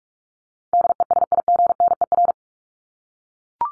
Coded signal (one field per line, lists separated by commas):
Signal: Morse code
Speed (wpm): 44 wpm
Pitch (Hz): 700 Hz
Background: none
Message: DESIGNER